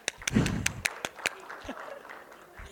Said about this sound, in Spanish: Aplauso, por favor, para ella.